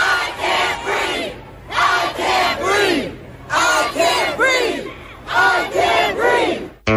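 A large protest crowd chants the slogan "Black Lives Matter" in unison, as heard in North American cities, loud rhythmic bursts repeating in four phrases with brief pauses between them, many voices shouting together.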